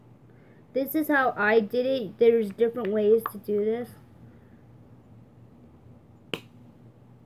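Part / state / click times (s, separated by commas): plastic cap piece onto lip balm container / partly seated / 6.3 s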